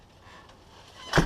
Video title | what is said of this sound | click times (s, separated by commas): 2014 Halloween Flashback, #23 Openeing | The door closes and latches 90% of the time now. | 1.2 s